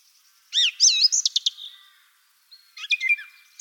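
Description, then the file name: Song thrush song with a bright, varied burst of slurred whistles and clicks, a pause, then a shorter scratchy phrase. "Drozd pevchij Turdus philomelos - Penie"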